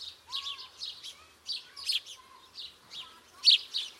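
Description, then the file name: House sparrow chirps, quick cheeps in small clusters. "Passer domesticus"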